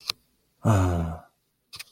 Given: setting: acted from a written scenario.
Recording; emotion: vocal sound without words; serenity